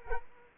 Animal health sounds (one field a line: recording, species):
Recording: mosquito wingbeat signal from an infrared sensor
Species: Culex quinquefasciatus